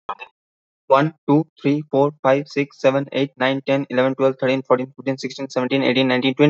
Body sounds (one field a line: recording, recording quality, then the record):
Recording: counting at a fast pace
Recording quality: excellent, no background noise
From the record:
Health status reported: exposed to COVID-19, no respiratory illness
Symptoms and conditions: none ticked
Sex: male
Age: 26 years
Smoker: yes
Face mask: not worn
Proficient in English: yes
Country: India